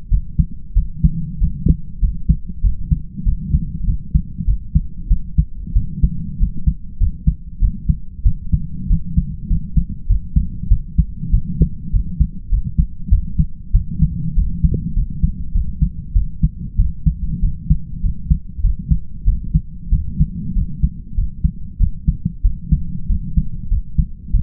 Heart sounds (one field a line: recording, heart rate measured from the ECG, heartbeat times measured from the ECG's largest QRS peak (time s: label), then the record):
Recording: heart sounds by stethoscope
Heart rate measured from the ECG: 97 bpm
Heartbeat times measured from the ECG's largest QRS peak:
0.09 s: heartbeat
0.74 s: heartbeat
1.39 s: heartbeat
2.00 s: heartbeat
2.62 s: heartbeat
3.24 s: heartbeat
3.85 s: heartbeat
4.45 s: heartbeat
5.08 s: heartbeat
5.74 s: heartbeat
6.38 s: heartbeat
6.98 s: heartbeat
7.60 s: heartbeat
8.24 s: heartbeat
8.88 s: heartbeat
9.48 s: heartbeat
10.07 s: heartbeat
10.69 s: heartbeat
11.31 s: heartbeat
11.91 s: heartbeat
12.49 s: heartbeat
13.09 s: heartbeat
13.72 s: heartbeat
14.34 s: heartbeat
14.94 s: heartbeat
15.53 s: heartbeat
16.13 s: heartbeat
16.77 s: heartbeat
17.41 s: heartbeat
18.01 s: heartbeat
18.62 s: heartbeat
19.25 s: heartbeat
19.90 s: heartbeat
20.54 s: heartbeat
21.15 s: heartbeat
21.78 s: heartbeat
22.42 s: heartbeat
23.08 s: heartbeat
23.69 s: heartbeat
24.32 s: heartbeat
From the record:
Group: healthy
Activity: light exercise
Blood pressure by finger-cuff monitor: 122/64 mmHg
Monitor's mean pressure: 77 mmHg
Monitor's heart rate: 97 bpm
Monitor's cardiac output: 7.3 L/min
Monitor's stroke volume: 76 mL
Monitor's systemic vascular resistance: 780 dyn s/cm5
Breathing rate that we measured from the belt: 22 breaths a minute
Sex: male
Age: 20 years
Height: 167 cm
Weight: 61 kg